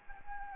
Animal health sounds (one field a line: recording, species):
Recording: mosquito wingbeat signal from an infrared sensor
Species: Anopheles arabiensis